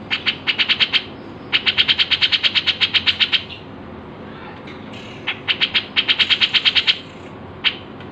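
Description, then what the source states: Grey-cheeked bulbul giving rapid bursts of sharp, ticking high notes, bursts of several to over a dozen notes, separated by brief pauses, over a soft hiss. Masteran, a training recording used to tutor songbirds.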